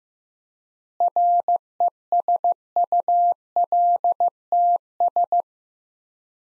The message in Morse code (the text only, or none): RESULTS